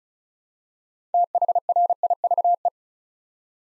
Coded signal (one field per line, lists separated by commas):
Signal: Morse code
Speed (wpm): 36 wpm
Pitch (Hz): 700 Hz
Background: none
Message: THRIVE